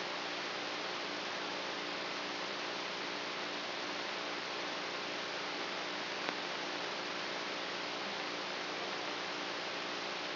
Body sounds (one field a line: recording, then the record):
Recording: brain microelectrode recording played as sound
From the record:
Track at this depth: inside the subthalamic nucleus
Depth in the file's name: 3.004 mm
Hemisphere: right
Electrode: 3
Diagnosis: Parkinson's disease